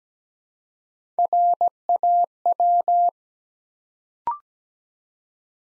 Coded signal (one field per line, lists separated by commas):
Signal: Morse code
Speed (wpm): 17 wpm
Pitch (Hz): 700 Hz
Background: none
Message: RAW